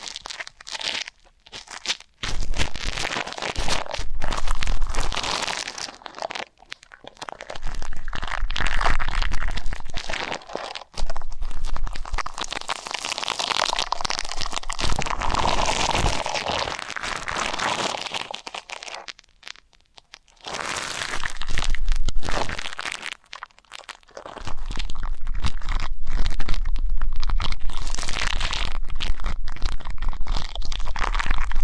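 Ear canal cleaning sounds: dense scratchy crinkling and crunching scrapes come in long bursts, separated by brief silent pauses around 2, 11, 20 and 24 seconds.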